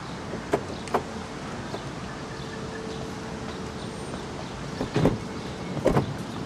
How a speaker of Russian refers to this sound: Они подъехали на машине.